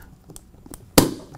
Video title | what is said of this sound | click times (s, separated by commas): How To Install A Cat6 Computer Jack | hear that snap that's why it's called punch down and I usually do it more than once | 1.0 s